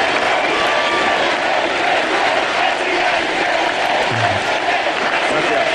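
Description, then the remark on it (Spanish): A large crowd of people gathered at a political party's headquarters on election night shouts and cheers while waving flags, a dense, loud roar of many overlapping voices with occasional whoops rising out of the din. “Bueno, por aquí no podemos precisamente dejar de recordar las espontáneas reacciones de esas gentes que se acercan a las sedes de los partidos cuando hay elecciones para agitar banderas y gritar.”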